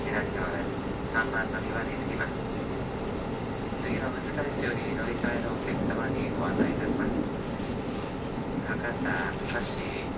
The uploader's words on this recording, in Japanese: 配信は、JR九州キハ72系 ゆふいんの森06号02 うきは～博多です。走行音。